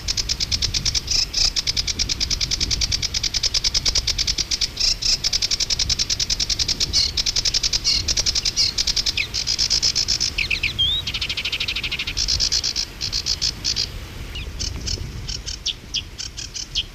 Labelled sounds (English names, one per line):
Sedge Warbler song